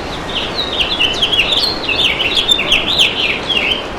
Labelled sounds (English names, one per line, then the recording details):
House Finch song
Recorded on Long Island, New York, on 11 June 2012
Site OP
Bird B